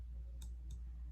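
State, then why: Seated. A nano SIM card, gold contacts facing down, is pushed with scissors into the spring-loaded SIM slot of a Reolink Go PT Plus security camera. A sharp, bright click at 0.4 s marks the card seating, followed by a softer click at 0.7 s over a steady low hum. The card is seated in the slot.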